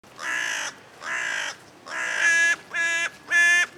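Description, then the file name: Carrion crow cawing, five harsh drawn-out caws about one per second, the later ones clearer and more tonal. "Corvus corone"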